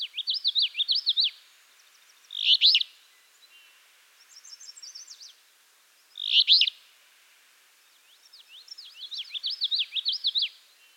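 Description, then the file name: Alder flycatcher with two loud, rough buzzy phrases about four seconds apart, set among runs of rapid twittering notes from another bird. "Empidonax alnorum - Alder Flycatcher"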